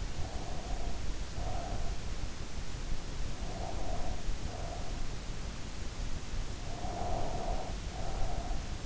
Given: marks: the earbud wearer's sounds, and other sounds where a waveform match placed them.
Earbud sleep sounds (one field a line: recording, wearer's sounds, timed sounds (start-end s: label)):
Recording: sounds in sleep by an in-ear microphone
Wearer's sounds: breath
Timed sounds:
0.15-2.05 s: breath
3.22-5.26 s: breath
6.71-8.86 s: breath